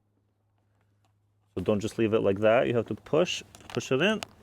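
During reassembly of a BMW i3 REx engine bay after spark plug replacement, a part is being handled before it is pushed firmly into its mount. After about 1.5 seconds of near silence with a faint steady low hum, someone talks for the rest of the clip. Nothing has seated or clicked into place yet.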